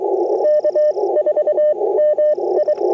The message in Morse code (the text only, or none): K4MI